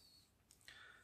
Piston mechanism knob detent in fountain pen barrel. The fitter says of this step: y hace otro clic en la parte de abajo,